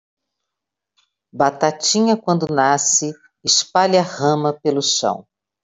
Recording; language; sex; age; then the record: short text; Brazilian Portuguese; female; 50 to 59 years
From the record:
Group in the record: control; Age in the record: 58 years